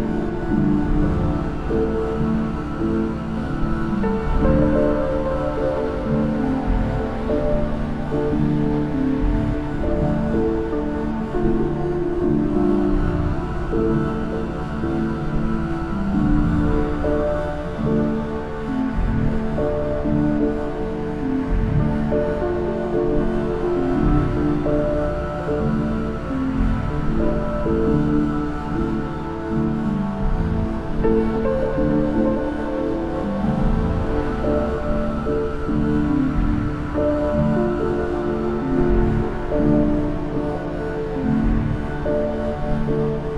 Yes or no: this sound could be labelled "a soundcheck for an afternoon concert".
yes